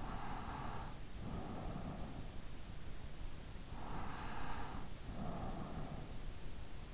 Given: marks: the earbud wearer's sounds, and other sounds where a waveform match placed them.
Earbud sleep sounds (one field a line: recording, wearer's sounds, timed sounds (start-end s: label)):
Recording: sounds in sleep by an in-ear microphone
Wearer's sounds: breath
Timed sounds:
0.00-2.35 s: breath
3.85-6.16 s: breath